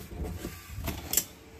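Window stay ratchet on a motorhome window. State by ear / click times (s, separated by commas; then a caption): seated / 1.2 s. A Chuasson Welcome Premium 530 motorhome window is lifted open on its stay, with a low rumble and a softer knock at about 0.9 s. The stay's ratchet clicker catches with a sharp click at 1.2 s. The window holds in position.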